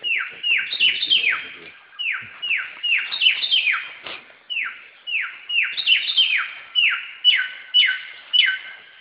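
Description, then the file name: Black-throated laughingthrush song: clusters of steep downslurred whistles repeated in lively bursts, separated by short gaps. Recorded in a forest. "suara burung samyong di hutan"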